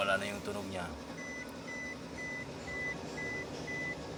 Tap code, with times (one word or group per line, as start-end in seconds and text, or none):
none